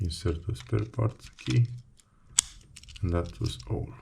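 Someone talks while a mechanical spare metal key blade is slid back into a Toyota RAV4 smart key fob housing. It latches with a single sharp click at 2.4 seconds, and the key is seated.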